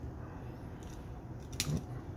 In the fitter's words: sometimes it will click into place that's how you know you got it correct